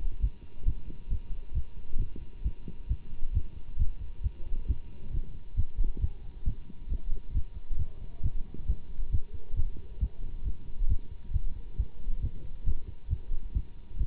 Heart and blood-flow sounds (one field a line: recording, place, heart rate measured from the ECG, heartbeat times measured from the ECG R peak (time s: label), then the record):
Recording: heart sounds by stethoscope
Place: between the tricuspid and mitral areas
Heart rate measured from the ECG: 135 bpm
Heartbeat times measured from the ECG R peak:
0.21 s: heartbeat
0.65 s: heartbeat
1.09 s: heartbeat
1.54 s: heartbeat
1.99 s: heartbeat
2.43 s: heartbeat
2.88 s: heartbeat
3.33 s: heartbeat
3.78 s: heartbeat
4.23 s: heartbeat
4.68 s: heartbeat
5.12 s: heartbeat
5.56 s: heartbeat
6.01 s: heartbeat
6.45 s: heartbeat
6.89 s: heartbeat
7.34 s: heartbeat
7.78 s: heartbeat
8.22 s: heartbeat
8.67 s: heartbeat
9.11 s: heartbeat
9.55 s: heartbeat
10.00 s: heartbeat
10.44 s: heartbeat
10.89 s: heartbeat
11.33 s: heartbeat
11.77 s: heartbeat
12.21 s: heartbeat
12.65 s: heartbeat
13.09 s: heartbeat
13.54 s: heartbeat
13.98 s: heartbeat
From the record:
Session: Bruce protocol treadmill stress test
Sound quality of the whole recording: good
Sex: male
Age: 24 years